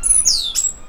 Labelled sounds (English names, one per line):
Stitchbird song